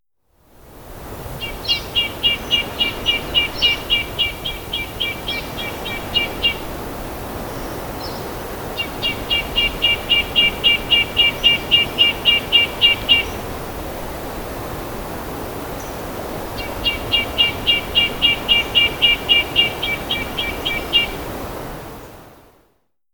Red-breasted Nuthatch call recorded on the Black Canyon Trail in Rocky Mountain National Park.